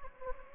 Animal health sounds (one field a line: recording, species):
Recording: mosquito wingbeat signal from an infrared sensor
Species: Anopheles gambiae